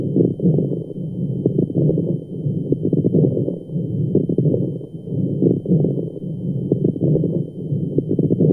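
Crackles heard over an adult chest through a stethoscope, in pulmonary edema.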